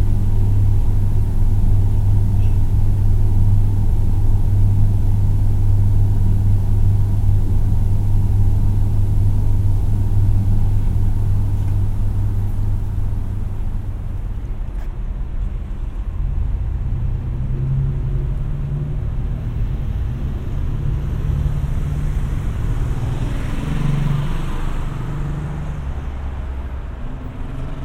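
A binaural field recording collage dominated by a heavy, steady vehicle rumble, deep and droning for the first fifteen seconds. Around the midpoint the high hiss drops away and the low engine drone shifts pitch, with a brief brighter swell near twenty-four seconds.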